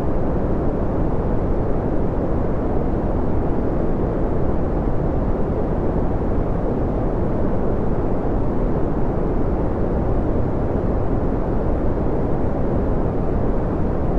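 Deep brown noise rumbles steadily throughout, heaviest in the low end, with a faint, airy hiss of white noise laid softly over the top. The level never shifts, and no separate events or background sounds break the even wash.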